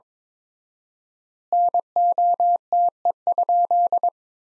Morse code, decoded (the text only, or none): NOTE?